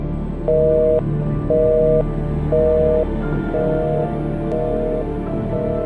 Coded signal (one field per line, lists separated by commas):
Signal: telephone call progress tone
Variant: North America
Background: music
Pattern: busy tone